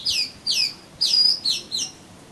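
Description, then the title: Oriental magpie-robin with five loud, sharply descending whistled notes in quick succession. "Kacer Kacer"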